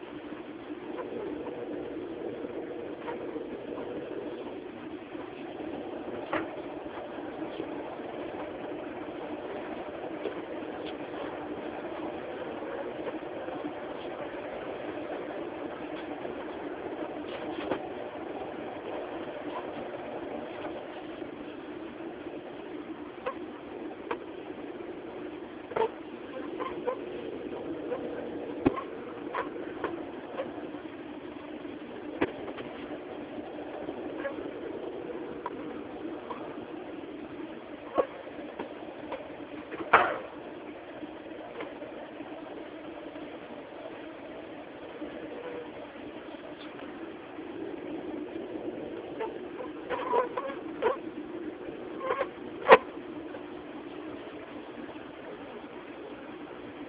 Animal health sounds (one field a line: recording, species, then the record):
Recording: mosquito flight sound by mobile phone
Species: Aedes aegypti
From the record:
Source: UCD PR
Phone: Samsung T209